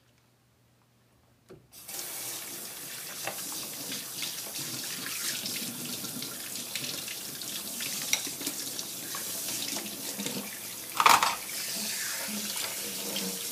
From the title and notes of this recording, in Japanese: 環境音 かつおのたたきらーめん。醤油ベースで焼豚のかわりに鰹のたたきをいれてみました。